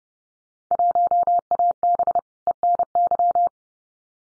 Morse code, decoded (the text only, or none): 1AB ENY